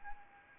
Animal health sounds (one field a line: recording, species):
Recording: mosquito wingbeat signal from an infrared sensor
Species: Anopheles arabiensis